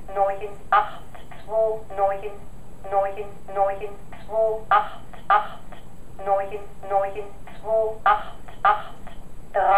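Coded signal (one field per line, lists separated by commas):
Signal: numbers station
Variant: East German voice generator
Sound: a mechanical voice reading short words, likely numbers, one after another at a steady pace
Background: faint background hiss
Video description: Here's the actual machine behind all the various East-German numbers stations.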